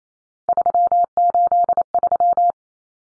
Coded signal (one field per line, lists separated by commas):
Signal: Morse code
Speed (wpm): 28 wpm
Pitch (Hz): 700 Hz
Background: none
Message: 383